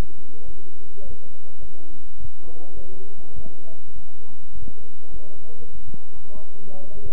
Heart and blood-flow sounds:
heart sounds by stethoscope; between the tricuspid and mitral areas; 102 bpm
0.46 s: heartbeat
1.03 s: heartbeat
1.60 s: heartbeat
2.18 s: heartbeat
2.75 s: heartbeat
3.34 s: heartbeat
3.94 s: heartbeat
4.53 s: heartbeat
5.12 s: heartbeat
5.73 s: heartbeat
6.33 s: heartbeat
6.92 s: heartbeat
From the record:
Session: bicycle stress test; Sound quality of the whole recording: good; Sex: male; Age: 23 years

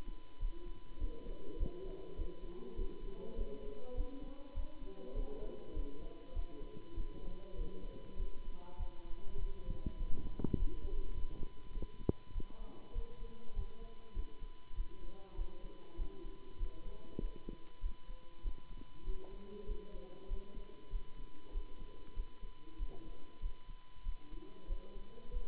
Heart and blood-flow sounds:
heart sounds by stethoscope; between the tricuspid and mitral areas; 99 bpm
0.38 s: heartbeat
0.97 s: heartbeat
1.56 s: heartbeat
2.15 s: heartbeat
2.74 s: heartbeat
3.34 s: heartbeat
3.93 s: heartbeat
4.53 s: heartbeat
5.12 s: heartbeat
5.72 s: heartbeat
6.32 s: heartbeat
6.93 s: heartbeat
7.54 s: heartbeat
8.15 s: heartbeat
8.76 s: heartbeat
9.36 s: heartbeat
9.95 s: heartbeat
10.54 s: heartbeat
11.11 s: heartbeat
11.70 s: heartbeat
12.31 s: heartbeat
12.91 s: heartbeat
13.52 s: heartbeat
14.12 s: heartbeat
14.73 s: heartbeat
15.34 s: heartbeat
15.95 s: heartbeat
16.56 s: heartbeat
17.17 s: heartbeat
17.79 s: heartbeat
18.40 s: heartbeat
19.02 s: heartbeat
19.64 s: heartbeat
20.26 s: heartbeat
20.88 s: heartbeat
21.50 s: heartbeat
22.12 s: heartbeat
22.75 s: heartbeat
23.38 s: heartbeat
24.02 s: heartbeat
24.65 s: heartbeat
25.29 s: heartbeat
From the record:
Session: Bruce protocol treadmill stress test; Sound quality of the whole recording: good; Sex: male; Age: 26 years

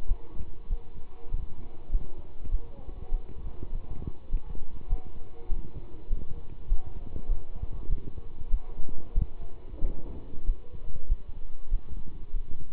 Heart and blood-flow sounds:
heart sounds by stethoscope; between the tricuspid and mitral areas; 98 bpm
0.06 s: heartbeat
0.68 s: heartbeat
1.30 s: heartbeat
1.90 s: heartbeat
2.49 s: heartbeat
3.10 s: heartbeat
3.71 s: heartbeat
4.29 s: heartbeat
4.88 s: heartbeat
5.48 s: heartbeat
6.08 s: heartbeat
6.67 s: heartbeat
7.27 s: heartbeat
7.88 s: heartbeat
8.49 s: heartbeat
9.13 s: heartbeat
9.81 s: heartbeat
10.45 s: heartbeat
11.07 s: heartbeat
11.70 s: heartbeat
12.32 s: heartbeat
From the record:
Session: pedaling a stationary bicycle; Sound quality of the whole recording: good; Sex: male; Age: 27 years

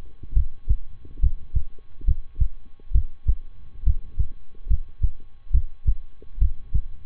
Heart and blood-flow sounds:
heart sounds by stethoscope; between the tricuspid and mitral areas; 69 bpm
0.33 s: heartbeat
1.19 s: heartbeat
2.04 s: heartbeat
2.91 s: heartbeat
3.83 s: heartbeat
4.66 s: heartbeat
5.50 s: heartbeat
6.38 s: heartbeat
From the record:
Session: rest, lying down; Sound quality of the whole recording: good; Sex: male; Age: 23 years

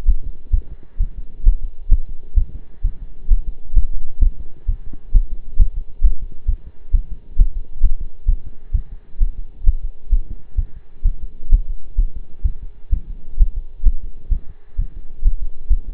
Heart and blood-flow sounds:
heart sounds by stethoscope; between the tricuspid and mitral areas; 131 bpm
0.08 s: heartbeat
0.53 s: heartbeat
1.00 s: heartbeat
1.46 s: heartbeat
1.91 s: heartbeat
2.37 s: heartbeat
2.84 s: heartbeat
3.30 s: heartbeat
3.76 s: heartbeat
4.22 s: heartbeat
4.68 s: heartbeat
5.14 s: heartbeat
5.59 s: heartbeat
6.04 s: heartbeat
6.48 s: heartbeat
6.94 s: heartbeat
7.38 s: heartbeat
7.83 s: heartbeat
8.28 s: heartbeat
8.74 s: heartbeat
9.20 s: heartbeat
9.66 s: heartbeat
10.12 s: heartbeat
10.57 s: heartbeat
11.05 s: heartbeat
11.52 s: heartbeat
11.98 s: heartbeat
12.44 s: heartbeat
12.92 s: heartbeat
13.39 s: heartbeat
13.86 s: heartbeat
14.31 s: heartbeat
14.78 s: heartbeat
15.25 s: heartbeat
15.70 s: heartbeat
From the record:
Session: pedaling a stationary bicycle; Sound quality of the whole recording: partially saturated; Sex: male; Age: 23 years

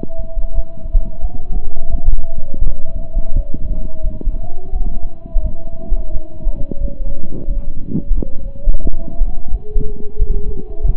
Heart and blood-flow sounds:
heart sounds by stethoscope; between the tricuspid and mitral areas; 87 bpm
0.53 s: heartbeat
1.19 s: heartbeat
1.88 s: heartbeat
2.62 s: heartbeat
3.33 s: heartbeat
4.01 s: heartbeat
4.70 s: heartbeat
5.39 s: heartbeat
6.10 s: heartbeat
6.78 s: heartbeat
7.45 s: heartbeat
8.12 s: heartbeat
8.80 s: heartbeat
9.49 s: heartbeat
10.16 s: heartbeat
10.84 s: heartbeat
From the record:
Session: slow and fast walking with breaks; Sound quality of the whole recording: saturated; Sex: male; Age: 25 years

